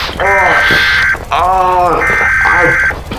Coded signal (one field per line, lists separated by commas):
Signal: Emergency Alert System (SAME) tones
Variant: header bursts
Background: speech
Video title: EAS Scenario Special - Burning Earth REMASTERED (READ DESCRIPTION)